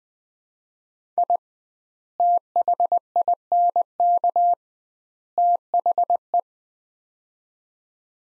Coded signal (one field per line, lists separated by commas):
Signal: Morse code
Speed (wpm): 20 wpm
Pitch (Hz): 700 Hz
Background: none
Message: I THINK THE